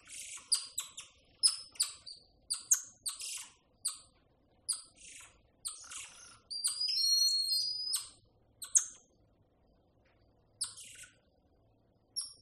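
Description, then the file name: Golden lion tamarin giving high, clipped chirps in irregular runs, then a wavering whistled trill, followed by a few scattered chirps and a quiet spell. "audio hero Monkey Golden Lion Tamarin"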